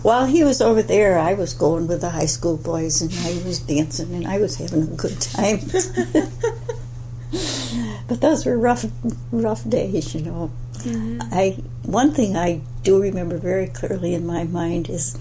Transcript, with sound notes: While he was there I was going with the high school boys, I was dancing, I was having a good time [laughter] those were rough days. One thing I do remember very clearly in my mind is